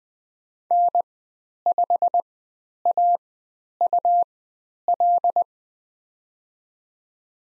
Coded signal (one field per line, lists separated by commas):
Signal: Morse code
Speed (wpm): 20 wpm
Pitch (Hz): 700 Hz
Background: none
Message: N5AUL